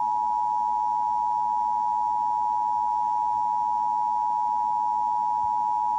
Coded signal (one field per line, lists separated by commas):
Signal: Emergency Alert System (SAME) tones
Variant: 853 and 960 Hz attention tone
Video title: EAS Tornado Watch (for @KittyUZutty)